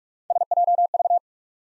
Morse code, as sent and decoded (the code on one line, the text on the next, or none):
... .--- ...-
SJV